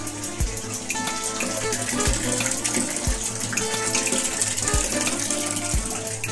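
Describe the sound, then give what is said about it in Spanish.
Water at a home in the countryside runs in a steady, continuous hiss with no pauses, accompanied by soft low thumps that repeat roughly once a second. No one speaks. “Este es mi agua.”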